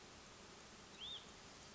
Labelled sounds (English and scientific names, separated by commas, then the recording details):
Hutton's Vireo (Vireo huttoni)
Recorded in Sonoma County, California